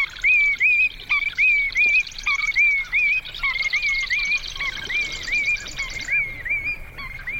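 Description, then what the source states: Willet giving many repeated, wavering whistled notes, with a chattering background. A fairly large, noisy shorebird calling 'pee-wee willet' while flying over the marsh.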